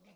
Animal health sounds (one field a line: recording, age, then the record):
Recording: pig call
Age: piglet (1 to 25 days)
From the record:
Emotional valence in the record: positive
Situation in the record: short reunion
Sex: male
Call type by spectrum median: low-frequency call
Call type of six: low-frequency tonal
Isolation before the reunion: 3 minutes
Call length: 0.17 s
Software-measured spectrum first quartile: 291 Hz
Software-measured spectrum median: 763 Hz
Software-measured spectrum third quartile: 3328 Hz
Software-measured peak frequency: 188 Hz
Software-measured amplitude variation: 67 dB a second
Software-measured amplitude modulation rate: 15.1 a second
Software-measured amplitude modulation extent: 4.4 dB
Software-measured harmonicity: 5.8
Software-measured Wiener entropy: -2.17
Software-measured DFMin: 977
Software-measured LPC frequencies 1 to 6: 548, 2464, 3734, 4774, 5743, 8248 Hz